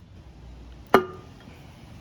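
A metal brake line fitting, probably the dual banjo fitting, is pushed onto the wheel cylinder during the RA25 rear axle brake rebuild on a 1956 International S-160 4x4. Against a quiet background, a single sharp metallic hit with a brief ringing tail sounds at 0.9 s. The fitting pops into place and is seated.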